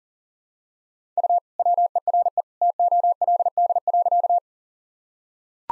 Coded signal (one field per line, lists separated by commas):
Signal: Morse code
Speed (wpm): 40 wpm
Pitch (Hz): 700 Hz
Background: none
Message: U WERE TOLD.